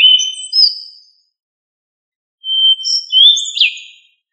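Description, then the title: Thrush song with the tail of one whistled phrase, a silent gap, then a second phrase of a level whistle rising into a brief, bright slurred flourish. "Familia Turdidae - Sabia"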